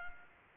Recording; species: mosquito wingbeat signal from an infrared sensor; Culex pipiens